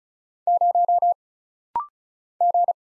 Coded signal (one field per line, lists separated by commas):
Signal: Morse code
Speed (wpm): 36 wpm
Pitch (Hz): 700 Hz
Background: none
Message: 0 G